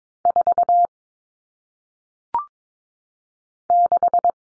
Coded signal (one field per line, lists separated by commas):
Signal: Morse code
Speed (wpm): 22 wpm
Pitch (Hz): 700 Hz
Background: none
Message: 4 6